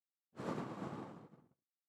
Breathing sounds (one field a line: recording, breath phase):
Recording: one breath near a microphone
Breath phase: exhalation